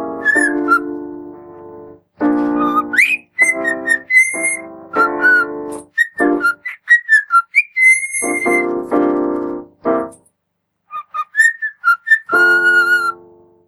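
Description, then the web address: Cockatiel song of bright whistled notes, some sharply rising, mixed with longer raspy, buzzy passages and short gaps of silence. "Sarah Ringtones cockatiel"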